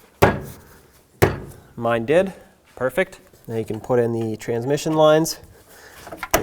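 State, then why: Seated. Two sharp knocks ring out at 0.2 and 1.2 seconds, then someone talks. On a 1997-2003 Ford F-150, the quick-connect fitting of the transmission cooler line is pushed into the radiator port. A faint tick at 6.2 seconds comes just before it snaps into place with a crisp click at 6.3 seconds, confirming it is seated.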